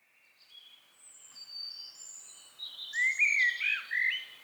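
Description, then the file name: Common blackbird song: faint high thin notes build up, then a loud fluted, warbling phrase with squeaky ends near the finish. "Turdus merula"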